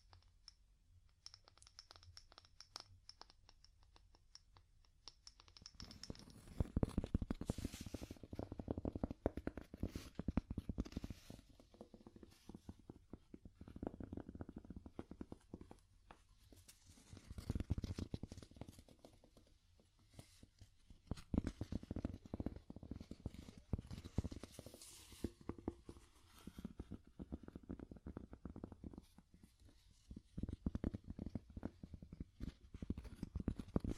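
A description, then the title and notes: Dry wooden tapping and scratching, starting sparse and soft, then turning dense and busy after about six seconds. Quick irregular taps and rubbing sounds come in clusters, louder near 7, 17 and 25 seconds, with brief softer pauses between. ASMR Calming Wood Tapping (No Talking).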